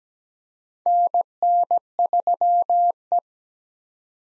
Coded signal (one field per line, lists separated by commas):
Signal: Morse code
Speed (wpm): 17 wpm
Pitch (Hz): 700 Hz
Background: none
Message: NN3E